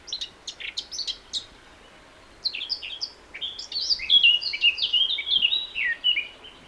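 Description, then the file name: Eurasian blackcap with a burst of sharp high notes, a short gap, then a fast warbling phrase building to loud, mellow whistled notes. "Sylvia atricapilla"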